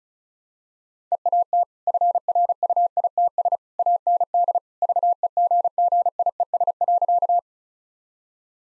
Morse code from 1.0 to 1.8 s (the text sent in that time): EAT